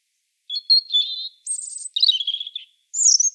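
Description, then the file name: European robin singing: a clear whistled start, a high fizzing trill, then liquid descending warbles and a final bright jangling phrase. "Erithacus rubecula"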